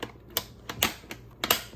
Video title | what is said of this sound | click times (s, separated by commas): ADPTOYU Vacuum Sealer Demo | both sides click then you can either single seal or vacuum seal | 0.8 s, 1.5 s